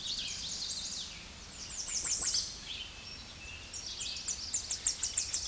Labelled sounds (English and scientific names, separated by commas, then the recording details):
American Redstart (Setophaga ruticilla) song
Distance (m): 20 m
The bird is about 10 m above the microphone
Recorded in a Pennsylvania forest on 16 May 2024 at 06:52
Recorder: AudioMoth, point MSD-0827
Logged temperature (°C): 12.1 °C
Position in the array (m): 124 m, 212 m